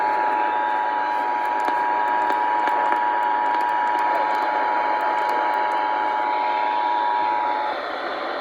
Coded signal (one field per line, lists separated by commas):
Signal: Emergency Alert System (SAME) tones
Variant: 853 and 960 Hz attention tone